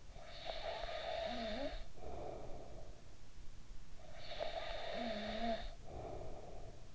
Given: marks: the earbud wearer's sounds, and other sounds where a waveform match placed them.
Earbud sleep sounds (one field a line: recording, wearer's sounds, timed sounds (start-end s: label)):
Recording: sounds in sleep by an in-ear microphone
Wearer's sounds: snoring breath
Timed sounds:
0.44-6.95 s: snoring breath